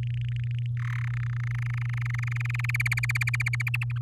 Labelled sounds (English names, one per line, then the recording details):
Domestic Canary song
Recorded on 11 May 2018 at 06:07
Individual llb16